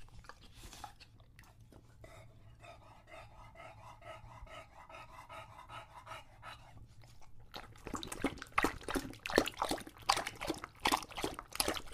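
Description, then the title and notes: English Bulldog breathing heavily with a rough, pulsing wheeze for several seconds, then loud, rapid lapping and splashing of water. Male English Bulldog named Lucho drinking from a water bowl after a long walk, breathing heavily between drinks because he is out of breath. "English Bulldog Drinks from Water Bowl - Weird Sounds. listen to Lucho the English Bulldog as he tries to drink water after a long walk. Don't let his heavy breathing fool you in between drinks, he's equally out of breath from the walk"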